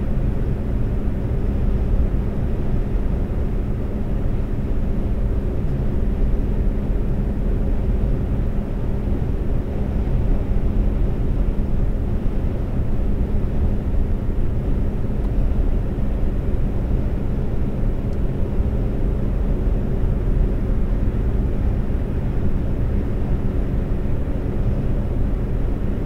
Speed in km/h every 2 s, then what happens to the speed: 126, 126, 127, 127, 127, 127, 127, 127, 127, 127, 127, 127, 127.
0-26 steady at about 127.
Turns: none.